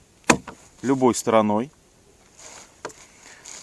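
A knife blade is pushed into a plastic sheath, which can take it either way round, and it locks in with a sharp click at 0.3 s, so the knife is seated. Someone talks right after, and a couple of fainter ticks follow later.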